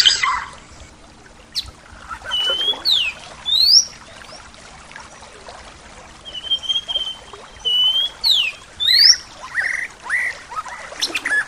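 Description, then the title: A bird sings clear whistled phrases of rising and falling slurs and long level notes, with quiet gaps between. "SuaraBurung Kicau"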